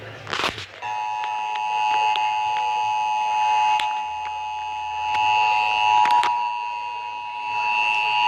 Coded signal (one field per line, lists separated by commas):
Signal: Emergency Alert System (SAME) tones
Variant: 853 and 960 Hz attention tone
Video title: NATIONAL EAS TEST 2019! Broadcast Radio and TV EAS: National Periodic Test (EAS #152-168)